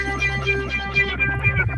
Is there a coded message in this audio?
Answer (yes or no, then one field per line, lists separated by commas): no